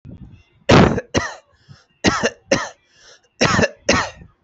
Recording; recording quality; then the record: heavy voluntary cough; moderate, slight background noise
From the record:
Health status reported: healthy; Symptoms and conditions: none ticked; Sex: male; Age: 25 years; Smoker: not ticked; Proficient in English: yes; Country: India